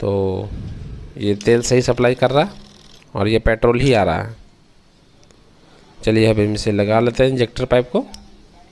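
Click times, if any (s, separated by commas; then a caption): none. On a TVS XL100 i-Touch BS6 scooter that will not start, a fuel pipe quick-connector is being handled to go onto the fuel injector while someone talks, with two faint brief ticks in a quiet pause around 5.2 s and 5.3 s. The connector has not yet seated or clicked onto the injector.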